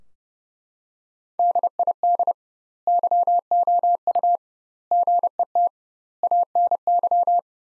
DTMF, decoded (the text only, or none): none